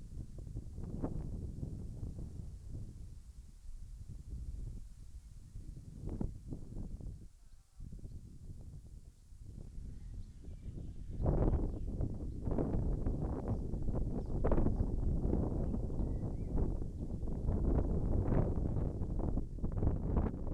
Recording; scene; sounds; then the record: everyday scene through a hearing-aid microphone; wind on the microphone; wind, birds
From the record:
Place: in front of a rural house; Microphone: behind the ear, left, rear